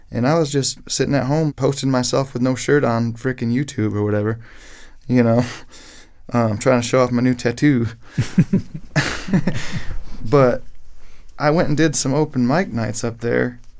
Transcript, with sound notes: and I was just sitting at home posting myself with no shirt on freaking YouTube or whatever, you know, trying to show off my new tattoo.
(LAUGHTER)
But I went and did some open mic nights up there,